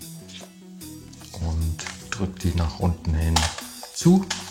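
Someone talks over background music while the plastic bottom cover of an HP ZBook Fury 17 G8 laptop is pressed down along its edges onto the chassis so its retaining clips can snap back in. Only handling is heard; nothing has seated or clicked yet.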